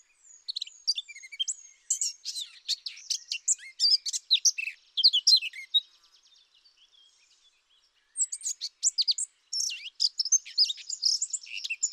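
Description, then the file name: Eurasian blackcap song: dense, hurried warbling with scratchy and sweet notes, a quiet gap of about two seconds, then another burst of varied warbled phrases. "Sylvia atricapilla"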